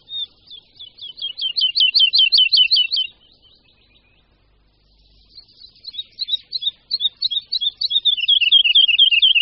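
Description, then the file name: Woodlark giving liquid, fluty trilled phrases of quickly repeated notes, one phrase, a pause of about two seconds, then a second, longer, descending run. "Skřivan-lesní"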